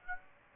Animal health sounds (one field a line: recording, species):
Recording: mosquito wingbeat signal from an infrared sensor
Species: Aedes aegypti